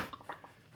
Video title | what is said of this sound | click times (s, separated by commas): I Tried Bringnox Smart Blinds to Fix Daytime Projector Viewing? | you push the blinds up, and it snaps in. You hear that snap? | 0.3 s